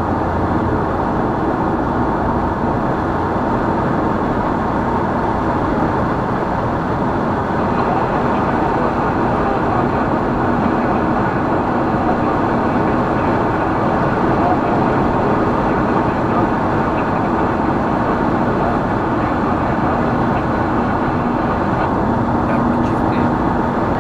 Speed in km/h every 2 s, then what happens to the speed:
95, 96, 97, 97, 97, 97, 98, 98, 98, 97, 96, 96.
0-24 steady at about 97.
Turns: none.